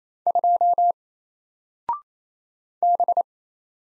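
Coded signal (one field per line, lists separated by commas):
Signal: Morse code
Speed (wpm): 27 wpm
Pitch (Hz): 700 Hz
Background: none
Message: 2 B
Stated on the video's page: Morse practice at 28 wpm: single random letters and numbers, each sent, spoken, then sent again, for head-copy.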